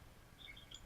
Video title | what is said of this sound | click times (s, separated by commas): Kapp Prototype Quick Release Bolts for the Autococker Paintball Gun | but it's the same mechanism just a slight turn locks into place | 0.8 s